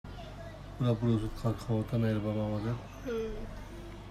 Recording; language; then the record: elicited speech; Bengali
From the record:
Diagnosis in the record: Broca's or global aphasia after a stroke